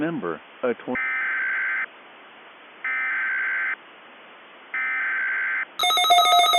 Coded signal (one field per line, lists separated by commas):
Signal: Emergency Alert System (SAME) tones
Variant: header bursts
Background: speech